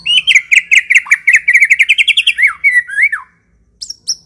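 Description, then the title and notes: White-rumped shama song, a fast chattering run of repeated bright chirps for about two and a half seconds, ending in looping whistles and two high sharp notes after a pause. Lure (pikat) song of the white-rumped shama. "Pikat Murai Batu. Burung Murai Batu"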